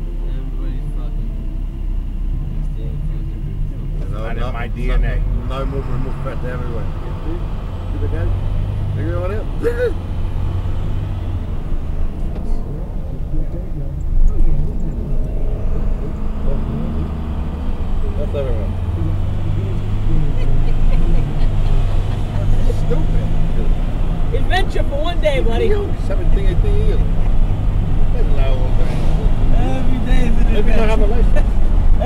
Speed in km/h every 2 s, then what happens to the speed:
0, 0, 5, 11, 18, 23, 19, 18, 19, 23, 29, 35, 40, 45, 50, 53.
0-3 standing. 3-10 pulls away to 23. 10-17 steady at about 19. 17-32 speeds up to 53.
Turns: 11-18.